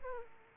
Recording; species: mosquito wingbeat signal from an infrared sensor; Aedes aegypti